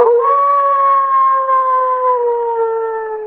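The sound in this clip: Wolf howling: one long, smooth, rich tone rising briefly at the start, then held steady and sliding slowly lower, lasting over three seconds with no other sounds.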